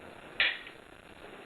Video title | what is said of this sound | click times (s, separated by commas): Benelli M1 Super 90 Tactical Shotgun | And so when I push this up, you'll hear it click. | 0.4 s